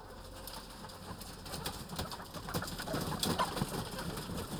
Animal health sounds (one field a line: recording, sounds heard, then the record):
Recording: poultry house recording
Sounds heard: healthy chickens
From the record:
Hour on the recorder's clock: 13